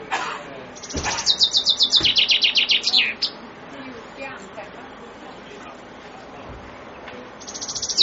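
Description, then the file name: Common chaffinch song: a rapid, bright trill descending in stages and closing with a flourish, followed by quiet background; a new phrase begins at the end. "fringuello"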